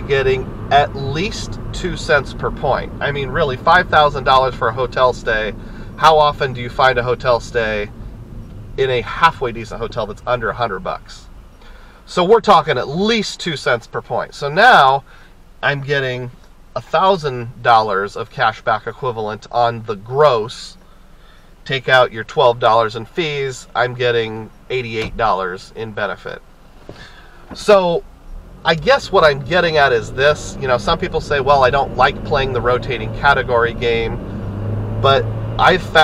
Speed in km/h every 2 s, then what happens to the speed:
58, 45, 34, 24, 13, 0, 0, 0, 0, 0, 0, 0, 0, 0, 8, 26, 40, 52.
0-10 brakes to 0. 10-26 standing. 26-36 pulls away to 52.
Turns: none.